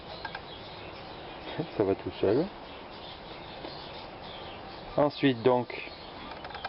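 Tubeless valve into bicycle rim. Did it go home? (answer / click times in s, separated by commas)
yes / 6.6 s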